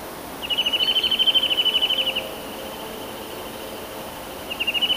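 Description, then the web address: Eurasian nuthatch trill: a quick run of identical high piping notes for nearly two seconds, then a second trill beginning near the end. Fast trills. "kowalik kowalikszybkietryle"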